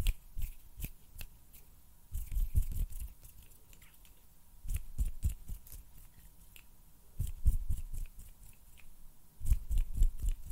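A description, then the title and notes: Hands rub, tap and handle things in short bursts of dry clicks and crackles, grouped around 0, 2–3, 5, 7–8 and 9.5–10.5 seconds. A few sharp snapping clicks stand out among the rustling. Quieter gaps fall between the groups, with a faint steady tone underneath. ASMR HAND SOUNDS AND SNAPPING - NO TALKING.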